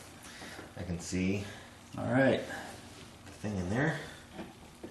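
Someone talks while an ignition coil wire boot is handled at its ignition coil terminal on a 1976 Corvette restomod fitted with a Sniper HyperSpark coil. The boot has not seated or clicked onto the terminal yet.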